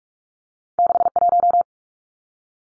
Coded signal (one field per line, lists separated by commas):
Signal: Morse code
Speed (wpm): 44 wpm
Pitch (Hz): 700 Hz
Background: none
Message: 61